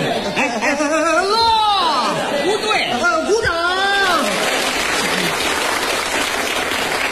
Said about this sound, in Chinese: 停，我们领导说了，这里是长时间鼓掌。